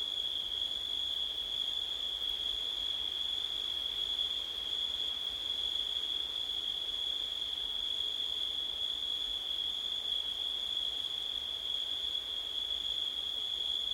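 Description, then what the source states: Crickets sing an endless, level high trill, steady in pitch and loudness for the whole stretch. Recorded at night in September, with wind.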